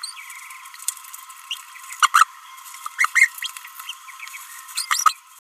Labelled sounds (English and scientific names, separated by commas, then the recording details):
Green-rumped Parrotlet (Forpus passerinus) babbling
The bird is a male
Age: 29 days
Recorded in a nest box in Venezuela
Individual 17B31A1